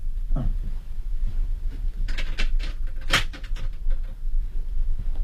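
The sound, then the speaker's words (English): A door shuts with a firm thud, followed by a series of sharp metallic clicks and rattles as a lock is worked, all over a low steady background hum. “Lock the door.”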